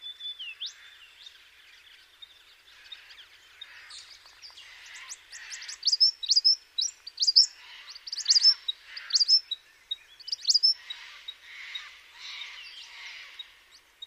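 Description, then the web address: Eastern spinebill calls: a mix of high, sharp chips and brief whistled notes, clustering in busy bursts through the middle with softer twittering between. "sound Eastern-spinebill. صدای-پرنده-خوار-نوک-شرقی"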